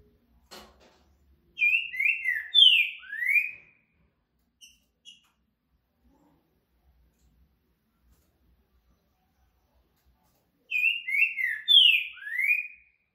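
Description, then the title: Green-winged saltator song, the same slurred whistled phrase of about five notes delivered twice, roughly nine seconds apart, with faint chips between. Recording used to train caged birds for singing contests; rare song type called curricutil boi boca mole. "TRINCA Piando, Cantando E Macheando Na DISPUTA. CANTO RARO!! TRINCA FERRO CURRICUTIL BOI BOCA MOLE!"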